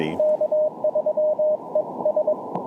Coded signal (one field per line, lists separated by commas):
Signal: Morse code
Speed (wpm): 22 wpm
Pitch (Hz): 600 Hz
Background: radio noise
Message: K3ES